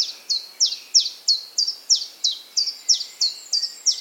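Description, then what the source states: Common chiffchaff singing, a rhythmic string of sharp, high descending notes, about three per second, with faint background hiss. Played again for comparison with the great tit, whose song can be confused with it.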